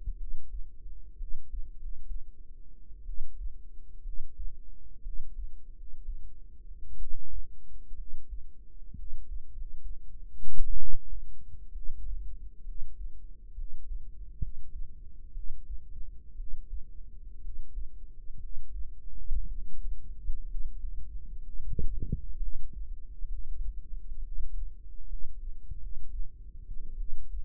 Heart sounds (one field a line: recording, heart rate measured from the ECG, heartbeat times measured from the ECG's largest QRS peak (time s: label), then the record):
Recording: heart sounds by microphone in the right ear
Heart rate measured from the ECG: 63 bpm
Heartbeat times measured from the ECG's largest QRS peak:
0.15 s: heartbeat
1.15 s: heartbeat
1.74 s: heartbeat
3.03 s: heartbeat
4.01 s: heartbeat
5.00 s: heartbeat
5.71 s: heartbeat
6.95 s: heartbeat
7.93 s: heartbeat
8.93 s: heartbeat
9.50 s: heartbeat
10.76 s: heartbeat
11.70 s: heartbeat
12.62 s: heartbeat
13.53 s: heartbeat
14.37 s: heartbeat
15.31 s: heartbeat
16.34 s: heartbeat
17.38 s: heartbeat
18.37 s: heartbeat
19.45 s: heartbeat
20.44 s: heartbeat
21.40 s: heartbeat
22.36 s: heartbeat
23.26 s: heartbeat
24.19 s: heartbeat
25.05 s: heartbeat
25.76 s: heartbeat
26.95 s: heartbeat
From the record:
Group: healthy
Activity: rest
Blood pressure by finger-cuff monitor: 102/67 mmHg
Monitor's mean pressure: 76 mmHg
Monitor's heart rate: 60 bpm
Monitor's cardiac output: 5.2 L/min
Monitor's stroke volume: 81 mL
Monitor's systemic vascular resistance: 1050 dyn s/cm5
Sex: female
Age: 22 years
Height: 171 cm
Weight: 65.6 kg